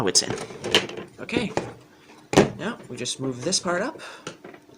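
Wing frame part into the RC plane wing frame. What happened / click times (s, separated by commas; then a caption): The frame part is handled but has not clicked into place yet / none. Someone talks while building an RC plane wing frame, moving a wing frame part up into the frame with faint handling sounds underneath. The clip ends before the part goes home, and nothing has seated or clicked yet.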